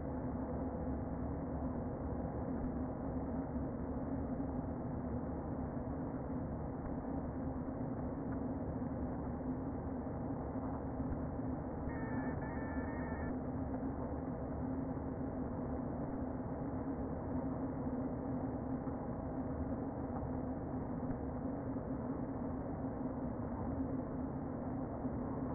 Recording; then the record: honeybee colony, microphone inside the hive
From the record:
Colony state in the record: queen present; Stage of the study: before two queens were removed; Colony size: about 60,000 bees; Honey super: yes